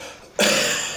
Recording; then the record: coughing mixed with background sound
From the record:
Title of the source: Wet Throat Infection Cough